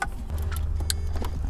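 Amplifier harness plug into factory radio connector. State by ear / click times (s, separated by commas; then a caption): seated / 0.9 s. A plastic amplifier harness plug is pushed into a Toyota's factory radio connector over a steady low hum, with a few faint plastic ticks along the way. A sharp, bright click at 0.9 s marks the connector clicking home, fully seated.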